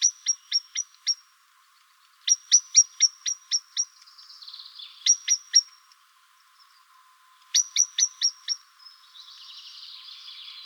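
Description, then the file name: Common blackbird giving several bursts of sharp, clicking notes in quick succession, some bursts followed by a soft, rambling chatter. "Turdus merula"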